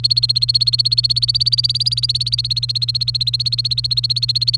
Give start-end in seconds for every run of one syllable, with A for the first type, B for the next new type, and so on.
0.00-4.56 A